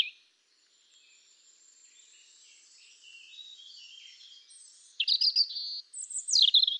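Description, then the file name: European robin song: a long quiet stretch of faint high warbling, then two loud bursts of quick, thin, tumbling notes near the end. "Erithacus rubecula"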